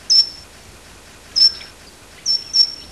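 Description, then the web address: Short-toed treecreeper calls: four thin, high, piercing notes, each brief and level, the first two spaced over a second apart and the last two closer together, over a soft hiss. "certhia brachydactyla call"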